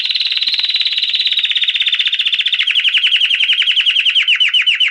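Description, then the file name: Canary song: a rapid buzzy trill that gradually slows into distinct, descending slurred notes repeated several times a second. "Canary Singing"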